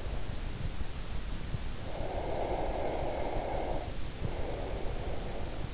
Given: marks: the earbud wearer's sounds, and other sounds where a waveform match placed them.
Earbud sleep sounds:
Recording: sounds in sleep by an in-ear microphone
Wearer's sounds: breath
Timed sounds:
1.86-5.40 s: breath

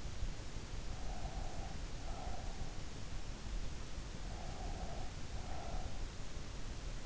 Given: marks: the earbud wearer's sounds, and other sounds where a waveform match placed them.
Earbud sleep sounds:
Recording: sounds in sleep by an in-ear microphone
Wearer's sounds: breath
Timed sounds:
1.11-2.88 s: breath
4.15-6.11 s: breath

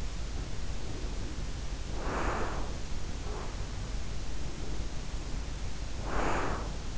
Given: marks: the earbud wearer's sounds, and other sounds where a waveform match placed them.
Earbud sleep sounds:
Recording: sounds in sleep by an in-ear microphone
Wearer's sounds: breath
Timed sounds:
0.07-2.89 s: breath
3.22-6.98 s: breath

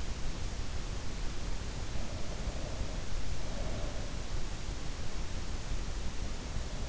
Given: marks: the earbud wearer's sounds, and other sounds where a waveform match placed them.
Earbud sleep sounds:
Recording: sounds in sleep by an in-ear microphone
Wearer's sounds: breath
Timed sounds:
2.06-4.30 s: breath

